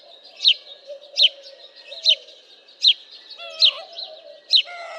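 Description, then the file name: House sparrow calling with a regular series of six bright falling chirps, with quieter chatter and low warbling notes underneath. "Passer domesticus"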